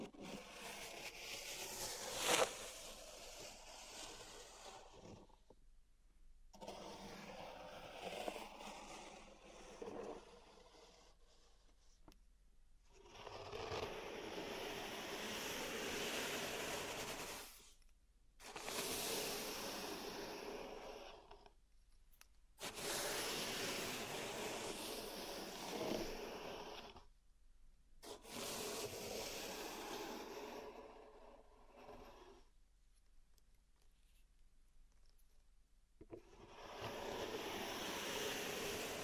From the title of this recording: Pink Salt Zen Garden Triggers